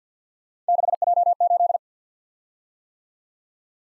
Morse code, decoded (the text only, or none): 6J8